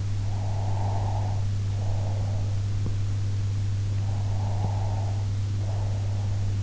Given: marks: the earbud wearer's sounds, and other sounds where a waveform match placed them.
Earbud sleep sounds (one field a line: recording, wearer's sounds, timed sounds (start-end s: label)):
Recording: sounds in sleep by an in-ear microphone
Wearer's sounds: breath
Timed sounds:
0.26-3.17 s: breath
3.83-6.63 s: breath